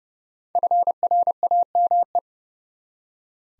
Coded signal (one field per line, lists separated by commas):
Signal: Morse code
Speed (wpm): 30 wpm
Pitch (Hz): 700 Hz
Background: none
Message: FRAME